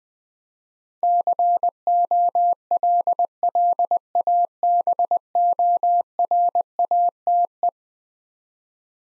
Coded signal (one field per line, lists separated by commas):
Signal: Morse code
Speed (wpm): 20 wpm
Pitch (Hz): 700 Hz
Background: none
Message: COLLABORATE